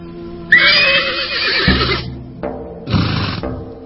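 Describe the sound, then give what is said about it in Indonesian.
A horse whinnies loudly in a long, wavering high-pitched neigh, followed by a brief pause and a second shorter whinny with snorting breaths underneath, beside a horse cart in a yard grown with tanjung and nagasari trees. “Sebuah gerobak kuda sudah disiapkan di halaman yang banyak ditumbuhi pohon tanjung serta nagasari.”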